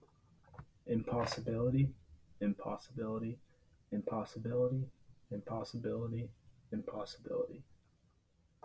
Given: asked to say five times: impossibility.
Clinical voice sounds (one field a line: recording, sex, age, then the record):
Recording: repeated word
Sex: male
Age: 20 to 29 years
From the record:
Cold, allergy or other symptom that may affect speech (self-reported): no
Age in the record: 23 years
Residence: Virginia, United States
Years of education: 16